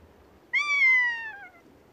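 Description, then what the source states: Rough-legged Buzzard mew: one drawn-out, high, gently descending note lasting about a second, clear against faint background hiss. Described as a long-sounding, high mew.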